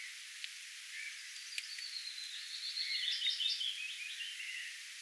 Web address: paivat 10 5 2025 pajulintu tulee vahitellen lahemmaksi laulamaan ja on lopuksi aivan vierella